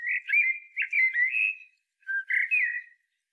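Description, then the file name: Common blackbird giving rich, warbled whistles in two phrases, sliding up and down, with a brief gap between them and a quiet background. "Turdus merula"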